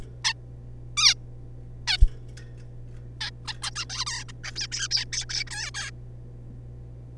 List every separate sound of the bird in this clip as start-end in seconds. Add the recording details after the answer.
0.24-0.33, 0.97-1.14, 1.88-1.97, 3.21-3.30, 3.45-3.54, 3.62-3.71, 3.75-3.85, 3.90-4.05, 4.06-4.24, 4.29-4.32, 4.44-4.51, 4.56-4.68, 4.72-4.88, 4.91-5.05, 5.12-5.25, 5.29-5.44, 5.47-5.50, 5.51-5.71, 5.74-5.91. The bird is a juvenile. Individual R3549